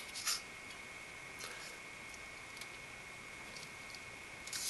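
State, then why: Not seated. A fan for an Arctic Cooling Freezer 13 Pro CPU cooler is handled as it is fitted onto the heatsink by its plastic holder, giving short rubbing and scraping sounds over a steady hiss with a faint constant high tone. The fan has not snapped into place yet, and nothing has seated or clicked.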